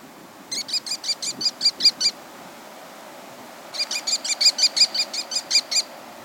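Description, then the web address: American kestrel giving two bursts of sharp, high, repeated klee notes, several then about a dozen, separated by a pause, with steady low background hiss. "Birds of the Chicago Region. American Kestrel"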